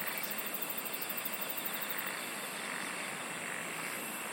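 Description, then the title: Insect chorus with a rapid ticking pulse train in the first two seconds, then a steady dense buzzing hiss. "SINGING OF INSECTS"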